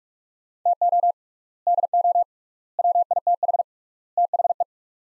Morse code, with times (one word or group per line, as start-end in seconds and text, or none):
0.7-1.1 TO
1.7-2.2 DO
2.8-3.6 WITH
4.2-4.6 THE